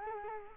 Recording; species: mosquito wingbeat signal from an infrared sensor; Culex quinquefasciatus